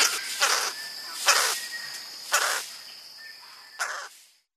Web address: blue bird of paradise